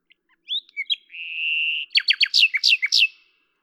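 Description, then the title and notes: Common nightingale song: scattered notes, then a steady sustained whistle, then a quick run of loud, sharply descending notes. Recorded at Lavours, France, on 10 May 1998, with a Tascam DAP-1 and Télinga microphone, edited in Samplitude 5.1. "D83, 01350 Lavours, France - rossignol à LAVOURS. 10/05/1998 Tascam DAP-1 Micro Télingua"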